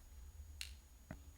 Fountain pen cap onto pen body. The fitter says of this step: well it's clicking and it wasn't clicking before so